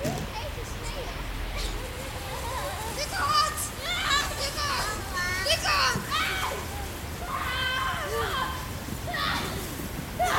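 Children play outdoors in the snow, their high voices calling and chattering, with bursts of excited shouting around the middle and again near the end. A steady low outdoor rumble runs underneath throughout, and the voices overlap without a pause.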